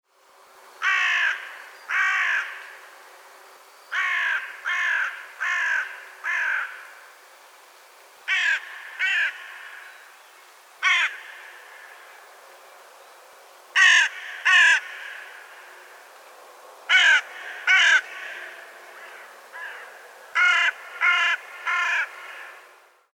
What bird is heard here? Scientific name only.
Corvus cornix